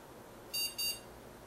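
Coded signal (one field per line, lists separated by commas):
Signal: beep code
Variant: ASUS CrashFree BIOS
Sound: two short high-pitched electronic beeps in quick succession, then quiet hiss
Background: room hiss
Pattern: 2 short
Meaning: BIOS file found on the USB drive; recovery programming is starting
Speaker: now it's checking for the USB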